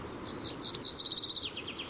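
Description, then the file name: Eurasian blue tit call, a brief run of high thin notes descending slightly, with a lower trailing element beneath, over constant background noise. "Cyanistes caeruleus"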